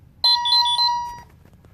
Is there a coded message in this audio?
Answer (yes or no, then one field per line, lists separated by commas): no